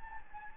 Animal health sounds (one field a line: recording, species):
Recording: mosquito wingbeat signal from an infrared sensor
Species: Anopheles gambiae